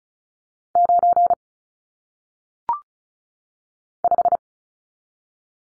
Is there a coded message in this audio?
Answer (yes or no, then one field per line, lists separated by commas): yes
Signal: Morse code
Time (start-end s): 0.8-4.4 s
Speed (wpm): 33 wpm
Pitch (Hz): 700 Hz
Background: none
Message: 9 5